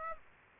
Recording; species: mosquito wingbeat signal from an infrared sensor; Aedes aegypti